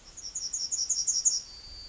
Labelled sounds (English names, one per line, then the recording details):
Yellowhammer song
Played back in forest
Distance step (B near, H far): D
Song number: 029